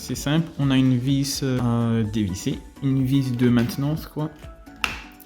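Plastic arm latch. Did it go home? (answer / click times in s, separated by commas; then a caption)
yes / 4.8 s. Someone talks while a maintenance screw on a smartphone gimbal is loosened and its plastic arm is pushed firmly home into its locked position on the gimbal body. A sharp, loud click comes at 4.8 seconds as the arm snaps into place, followed by a faint tick, and the arm is seated.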